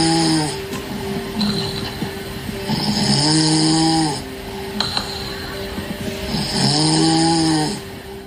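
Ordinary snoring from a sleeping adult, with regular snores recurring about every three to four seconds; judged normal and not a high-risk sign of obstructive sleep apnoea.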